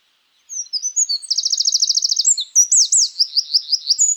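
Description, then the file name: Eurasian wren song: high thin notes run into a fast buzzing trill, then a series of sharp, slurred chirps, loud and continuous. "Troglodytes troglodytes"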